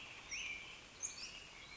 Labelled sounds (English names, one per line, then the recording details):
American Robin
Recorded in Sonoma County, California